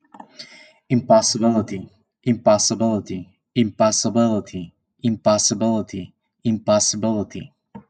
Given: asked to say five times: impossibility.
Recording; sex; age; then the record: repeated word; male; 40 to 49 years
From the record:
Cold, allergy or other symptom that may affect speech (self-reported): no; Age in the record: 42 years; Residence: California, United States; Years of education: 17